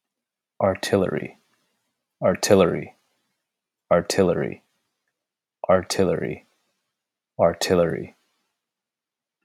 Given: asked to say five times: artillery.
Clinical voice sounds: repeated word; male; 30 to 39 years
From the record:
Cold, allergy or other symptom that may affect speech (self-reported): no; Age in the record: 33 years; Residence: California, United States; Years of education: 19

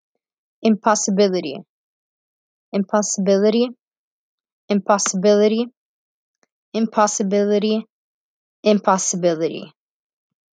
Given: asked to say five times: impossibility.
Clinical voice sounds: repeated word; female; 20 to 29 years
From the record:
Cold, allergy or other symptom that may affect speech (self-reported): no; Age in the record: 21 years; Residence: California, United States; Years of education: 15

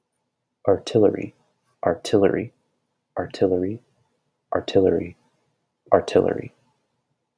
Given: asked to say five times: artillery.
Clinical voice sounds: repeated word; male; 20 to 29 years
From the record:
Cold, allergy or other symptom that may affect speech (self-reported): no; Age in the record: 23 years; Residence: Ohio, United States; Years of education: 16

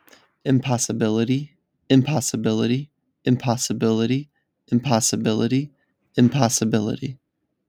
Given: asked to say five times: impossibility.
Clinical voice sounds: repeated word; male; 30 to 39 years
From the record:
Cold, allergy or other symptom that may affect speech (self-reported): no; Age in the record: 30 years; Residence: Florida, United States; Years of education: 16

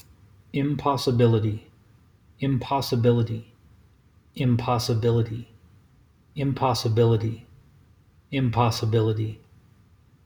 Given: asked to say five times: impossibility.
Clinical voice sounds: repeated word; male; 40 to 49 years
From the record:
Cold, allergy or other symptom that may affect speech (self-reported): no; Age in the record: 43 years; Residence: Nevada, United States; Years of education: 12

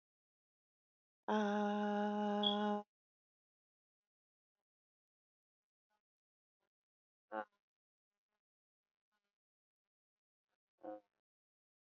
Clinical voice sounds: vowel held as long as possible; female; 40 to 49 years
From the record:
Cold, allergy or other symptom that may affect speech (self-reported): no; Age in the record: 41 years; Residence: Texas, United States

